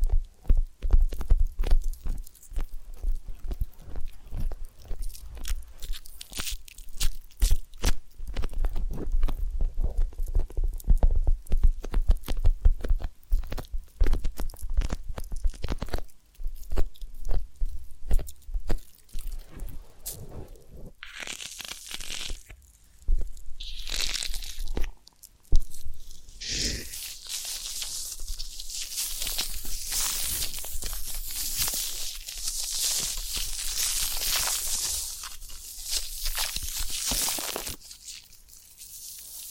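Massage and ear-cleaning sounds: dense, rapid crunching and scratching taps fill the first twenty seconds. After that the texture turns to brighter, hissy rubbing and brushing swells, with a sharp thump near 25 seconds, then settles into a steadier, airy scrubbing to the end.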